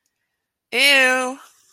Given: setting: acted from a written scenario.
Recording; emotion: vocal sound without words; disgust